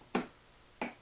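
A DDR4 memory module is pushed down evenly into a motherboard DIMM slot, pressed a little harder after a first try. Two sharp snapping clicks ring out at about 0.2 s and 0.8 s as the slot's retention clips snap shut. The module is seated.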